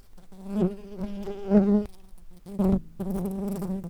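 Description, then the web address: Common carder bee buzzing in bursts, a low droning hum with strong harmonics, broken by brief pauses and sudden restarts. Workers. "Pascuorum workers"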